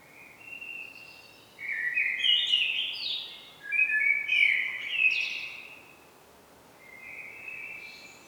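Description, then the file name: Common blackbird song of flowing, melodious whistled phrases run together, each with thin squeaky tails, followed by a quieter final whistle. "Turdus merula"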